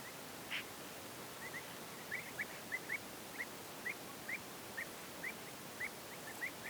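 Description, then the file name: Bird calls: a steady series of short chirps repeated roughly every half second after an opening call, over constant soft hiss. Birds in a field, given as background ambience. "Background of Birds in the Field"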